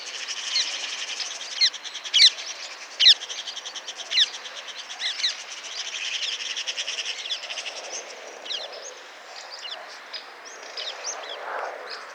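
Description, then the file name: Eurasian magpie giving dry, rasping chattering calls in several bursts. "Pica pica"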